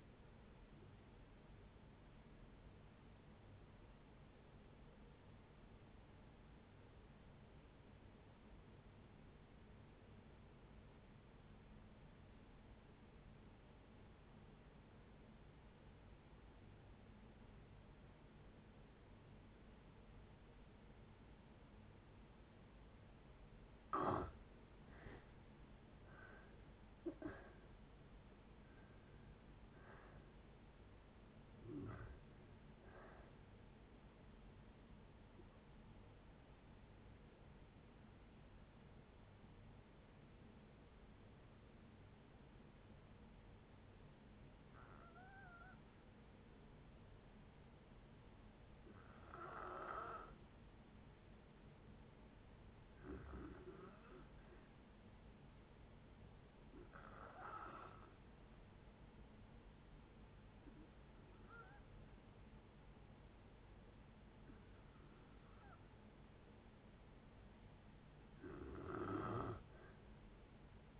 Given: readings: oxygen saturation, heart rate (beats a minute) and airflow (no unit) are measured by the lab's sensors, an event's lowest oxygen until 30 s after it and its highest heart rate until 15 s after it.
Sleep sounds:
breathing in sleep by a voice recorder at the bedside; 2
5.00-24.10 s: obstructive apnea (N2, oxygen 96% highest, then 75% lowest, heart rate 56 at the start, 73 highest)
23.00-53.00 s: new sleep stage, N1 (lightest sleep)
37.00-64.70 s: hypopnea (N1, oxygen 95% highest, then 89% lowest, heart rate 66 at the start, 66 highest)
53.00-70.99 s: new sleep stage, N2 (light sleep)
From the record:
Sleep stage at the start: N2 (light sleep); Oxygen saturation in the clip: 75 to 96%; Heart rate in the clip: 55 to 73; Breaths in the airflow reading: 12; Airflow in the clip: -9.0 to 9.2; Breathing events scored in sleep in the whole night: 496 in 5.4 hours asleep

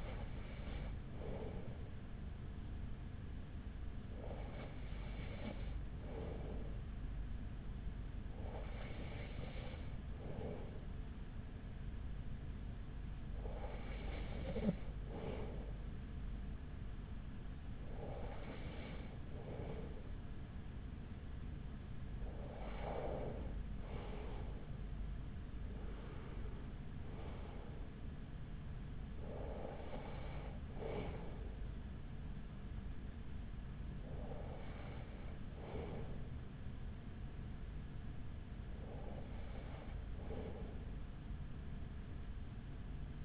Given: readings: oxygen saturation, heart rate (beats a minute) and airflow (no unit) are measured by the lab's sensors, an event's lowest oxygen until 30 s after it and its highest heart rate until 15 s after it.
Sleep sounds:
breathing in sleep by a smartphone at the bedside; 1
7.00-26.80 s: hypopnea (N1, oxygen 95% highest, then 94% lowest, heart rate 42 at the start, 52 highest)
From the record:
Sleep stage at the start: N1 (lightest sleep); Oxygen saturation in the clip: 94 to 95%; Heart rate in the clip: 40 to 52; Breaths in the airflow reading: 10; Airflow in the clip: -5.8 to 5.8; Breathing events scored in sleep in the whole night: 207 in 7.6 hours asleep

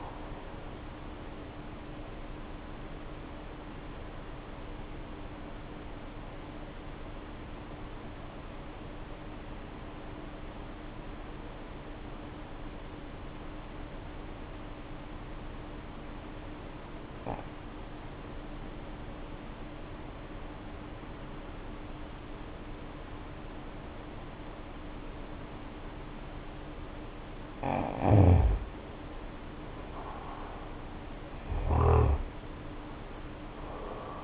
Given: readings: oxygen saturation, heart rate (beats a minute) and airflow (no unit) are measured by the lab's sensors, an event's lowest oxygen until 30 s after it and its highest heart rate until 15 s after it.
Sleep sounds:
breathing in sleep by a voice recorder at the bedside; 1
10.00-26.90 s: obstructive apnea (N2, oxygen 95% highest, then 76% lowest, heart rate 56 at the start, 74 highest)
From the record:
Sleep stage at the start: N2 (light sleep); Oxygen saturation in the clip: 81 to 95%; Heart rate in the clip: 54 to 74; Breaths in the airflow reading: 3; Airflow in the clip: -6.6 to 6.7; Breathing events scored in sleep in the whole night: 520 in 7.2 hours asleep

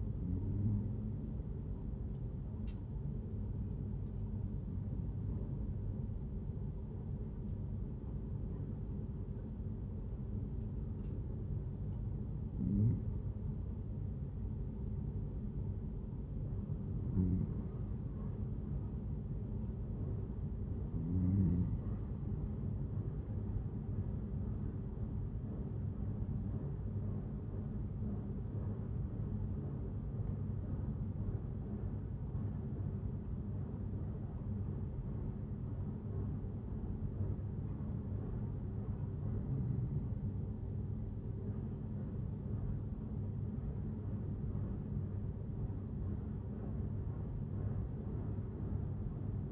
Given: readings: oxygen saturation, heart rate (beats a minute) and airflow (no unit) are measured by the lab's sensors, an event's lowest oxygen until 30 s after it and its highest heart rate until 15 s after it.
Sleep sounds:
breathing in sleep by a smartphone at the bedside; none
none scored
From the record:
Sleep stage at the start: N1 (lightest sleep); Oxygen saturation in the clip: 92 to 95%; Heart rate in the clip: 76 to 86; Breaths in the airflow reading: 9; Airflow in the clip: -5.0 to 5.9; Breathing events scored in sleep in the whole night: 131 in 7.2 hours asleep

